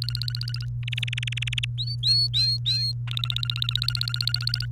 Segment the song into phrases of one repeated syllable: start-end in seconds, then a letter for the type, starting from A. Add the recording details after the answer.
0.02-0.65 A, 0.83-1.65 B, 1.78-2.92 C, 3.07-4.66 A. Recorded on 30 April 2018 at 06:28. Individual llb3